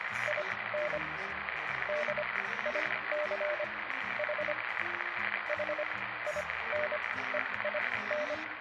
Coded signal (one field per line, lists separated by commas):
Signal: Morse code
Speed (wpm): 25 wpm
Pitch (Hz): 600 Hz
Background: radio noise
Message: IN DICH HINEIN